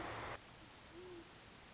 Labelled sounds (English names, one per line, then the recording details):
Great Horned Owl
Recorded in Sonoma County, California